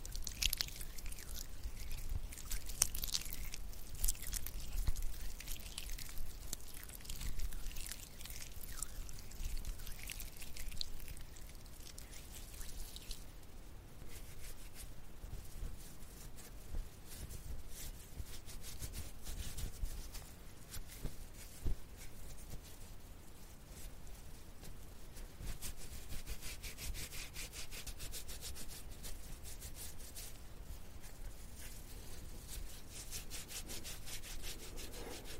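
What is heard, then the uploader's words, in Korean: Body cream being rubbed onto skin, a steady stream of soft, slick rubbing strokes with brief squishy crackles. The strokes are busiest and loudest in the first dozen seconds, ease off through the middle, then pick up again near the end. 바디크림 바르는 소리.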